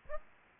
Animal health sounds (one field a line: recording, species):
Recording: mosquito wingbeat signal from an infrared sensor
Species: Aedes aegypti